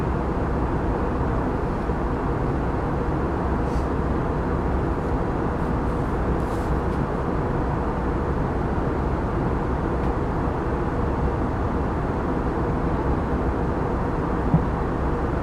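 Airplane cabin sound during a flight: a steady, dense engine roar weighted toward the low end, unchanging in level throughout. Faint brief hisses flicker in the upper range around the middle, and a small click stands out near the end.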